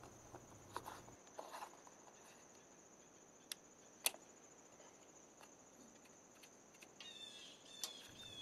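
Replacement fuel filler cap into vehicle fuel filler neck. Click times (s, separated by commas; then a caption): 3.5 s, 4.1 s. A new plastic replacement fuel filler cap is screwed into the fuel filler neck of a Toyota Sienna, as part of a fix for the traction control off warning and check engine light. Faint scattered ticks and light rattles sit over a steady high hiss, then the cap's ratchet gives sharp clicks at 3.5 s and 4.1 s as it is tightened. A few more faint taps follow, with a short burst near 7.8 s.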